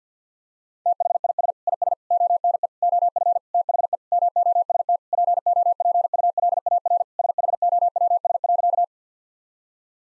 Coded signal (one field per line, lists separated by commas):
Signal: Morse code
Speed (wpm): 50 wpm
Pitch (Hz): 700 Hz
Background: none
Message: THIS IS ONE OF THE MOST POPULAR SHOWS.